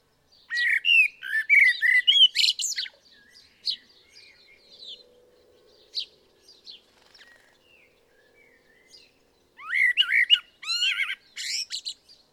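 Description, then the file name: Common blackbird singing mellow whistled phrases that break into high squeaky twitters, a quiet pause with scattered soft notes, then another rich warbled phrase. "Turdus merula"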